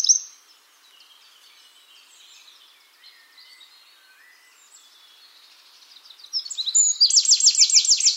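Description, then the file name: Eurasian wren song: a brief loud note, then faint twittering, then a loud, very fast, high rattling trill that runs to the end. "Troglodytes troglodytes"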